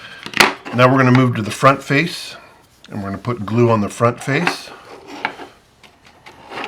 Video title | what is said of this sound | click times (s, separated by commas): Free-mo Leg Pocket Assembly | and then it's gonna snap into place | 0.4 s